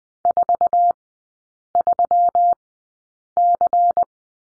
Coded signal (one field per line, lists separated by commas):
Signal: Morse code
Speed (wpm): 20 wpm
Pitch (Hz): 700 Hz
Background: none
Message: 43C